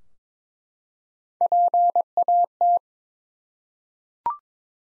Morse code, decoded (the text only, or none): PAT